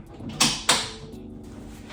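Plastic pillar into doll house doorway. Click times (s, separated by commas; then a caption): 0.4 s, 0.7 s. A plastic pillar is pushed into the doorway of a toy doll house, and two sharp spring snaps ring out at 0.4 s and 0.7 s. The pillar seats securely in place.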